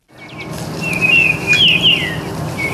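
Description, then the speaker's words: Baltimore oriole song: clear whistled notes, a short phrase of rich slurred whistles rising and falling, with faint low background hum. Heard in spring during migration, outside Boston; a sign that spring has arrived. "Jerry Berrier points out the song of a Baltimore oriole."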